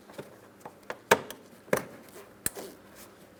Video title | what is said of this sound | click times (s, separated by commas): How to Replace Windshield Washer Reservoir 2008-2016 Chrysler Town & Country | Bring it down, listen for an audible click, double-check, make sure it's secured. | 1.1 s